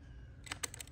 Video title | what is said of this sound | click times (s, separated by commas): Berzerk 1/6 scale cabinet - unboxing and review | huh I did not click onto it | none